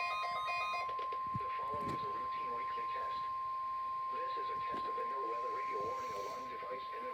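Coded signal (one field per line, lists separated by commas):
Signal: Emergency Alert System (SAME) tones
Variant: 1050 Hz attention tone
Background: speech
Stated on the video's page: Required weekly test relayed by weather radio stations in Nashville and Hickman.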